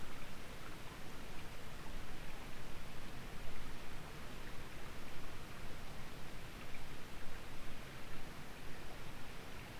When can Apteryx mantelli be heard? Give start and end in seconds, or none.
none